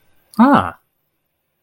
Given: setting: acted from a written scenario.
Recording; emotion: vocal sound without words; interest